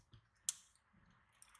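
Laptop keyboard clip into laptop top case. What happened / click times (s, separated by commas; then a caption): The plastic clip snapped into place / 0.5 s. The last plastic clip of a Toshiba Satellite C55D-B5219 laptop keyboard, found not yet engaged, is pushed in by hand and snaps into the laptop's top case with one sharp click at 0.5 s. Fainter small taps come before and after, and the clip ends up seated.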